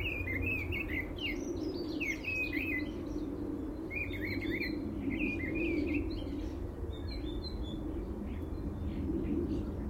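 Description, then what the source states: Thrush song: short whistled phrases over steady low rumbling background noise. Heard in the morning, described as a different bird from usual; identified as a thrush, possibly a song thrush, though the exact species is doubted.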